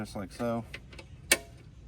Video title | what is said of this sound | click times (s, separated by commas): Driver's Window Problems? Replacing 4th Gen Ram Window Clips | That locks into there. | 1.3 s